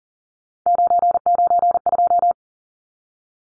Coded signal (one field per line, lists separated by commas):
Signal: Morse code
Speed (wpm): 40 wpm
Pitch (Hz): 700 Hz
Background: none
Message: 992